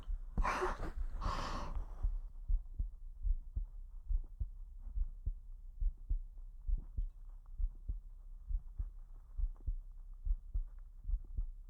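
A short burst of breathy noise opens, then dull, low heart thumps repeat steadily at about 69 beats a minute. No other sounds are heard over the beats.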